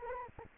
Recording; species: mosquito wingbeat signal from an infrared sensor; Anopheles arabiensis